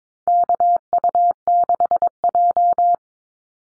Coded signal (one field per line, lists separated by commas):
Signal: Morse code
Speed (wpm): 22 wpm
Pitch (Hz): 700 Hz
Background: none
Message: KU6J